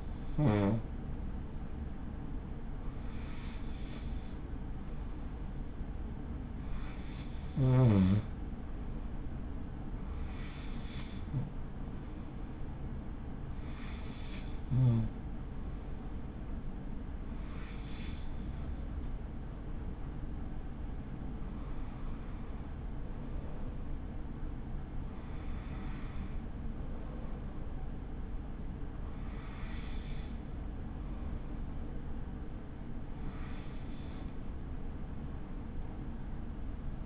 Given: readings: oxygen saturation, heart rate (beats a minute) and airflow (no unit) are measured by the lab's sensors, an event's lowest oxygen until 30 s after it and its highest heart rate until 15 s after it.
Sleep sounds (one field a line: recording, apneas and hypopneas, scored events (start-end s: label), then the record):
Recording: breathing in sleep by a smartphone at the bedside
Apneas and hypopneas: none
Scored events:
none scored
From the record:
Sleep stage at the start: N2 (light sleep)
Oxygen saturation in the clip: 93 to 95%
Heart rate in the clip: 42 to 59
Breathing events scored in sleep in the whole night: 83 in 6.1 hours asleep